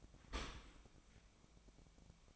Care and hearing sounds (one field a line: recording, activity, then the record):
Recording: daily activity, microphone in the room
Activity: open dishwasher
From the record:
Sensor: 1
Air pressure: 1003.1 hPa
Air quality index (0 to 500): 197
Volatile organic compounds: 6 ppm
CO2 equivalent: 1883 ppm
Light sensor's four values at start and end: 17/42/17/21 and 17/42/17/21